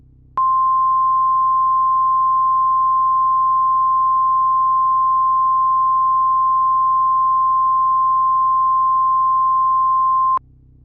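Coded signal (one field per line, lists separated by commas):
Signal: Emergency Alert System (SAME) tones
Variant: 1050 Hz attention tone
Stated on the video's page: Fictional EAS scenario about a nightmarenado, not a real alert.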